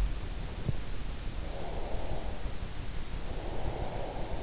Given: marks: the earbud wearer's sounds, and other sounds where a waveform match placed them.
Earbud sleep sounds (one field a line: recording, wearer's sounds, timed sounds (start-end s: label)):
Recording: sounds in sleep by an in-ear microphone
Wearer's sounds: breath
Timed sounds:
1.29-4.43 s: breath